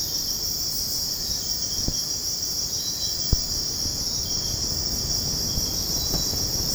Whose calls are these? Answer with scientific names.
none